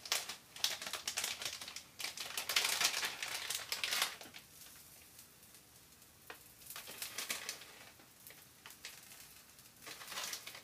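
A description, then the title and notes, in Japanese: Cabbage-yaki cooks on a hot griddle, with bright, crackling sizzles that are densest and loudest in the first four seconds. The frying then settles into a softer hiss, with fresh bursts of spattering around six, eight and ten seconds. 大阪名物キャベツ焼き。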